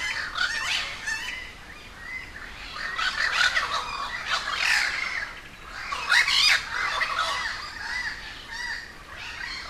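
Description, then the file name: Many crows cawing at once, scratchy squawks in clustered bursts. A gathering of many crows at Humboldt Park, Cuba. "Quiet American - aaron ximm-humbold park cuba-convocation of crows"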